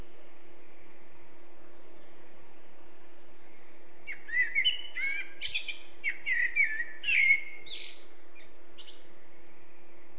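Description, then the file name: Eurasian blackbird song: a mellow warbled phrase near mid pitch, broken into short notes and ending in high squeaky twitters, over a steady low hum. "Turdus merula"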